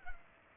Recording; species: mosquito wingbeat signal from an infrared sensor; Culex pipiens